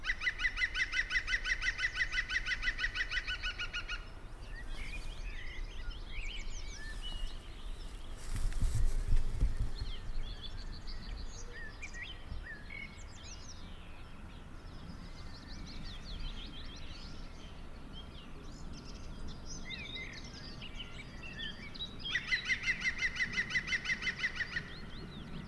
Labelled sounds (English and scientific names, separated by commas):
European Green Woodpecker (Picus viridis)